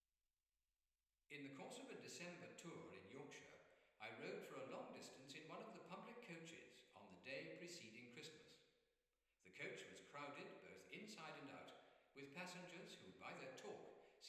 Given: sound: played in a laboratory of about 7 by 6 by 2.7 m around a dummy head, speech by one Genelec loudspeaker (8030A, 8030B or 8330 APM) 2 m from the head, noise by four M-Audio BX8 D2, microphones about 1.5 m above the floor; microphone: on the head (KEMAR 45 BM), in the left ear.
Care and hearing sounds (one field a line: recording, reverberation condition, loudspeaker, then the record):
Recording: male speech in English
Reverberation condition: high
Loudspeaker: 30 degrees to the left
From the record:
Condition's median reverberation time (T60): about 1300 ms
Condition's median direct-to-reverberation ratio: about -4.0 dB